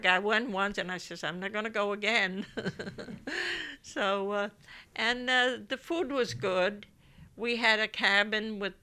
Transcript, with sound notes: I got one once, and I says, "I'm not going to go again." (she laughs) So, and the food was good. We had a cabin with